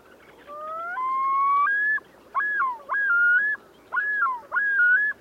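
Bird giving whistled calls: one long, slightly rising note followed by four shorter slurred whistles.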